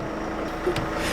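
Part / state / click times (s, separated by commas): car tailgate latch into striker / not seated / none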